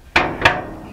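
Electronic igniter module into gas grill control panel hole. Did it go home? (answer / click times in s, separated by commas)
yes / 0.2 s, 0.5 s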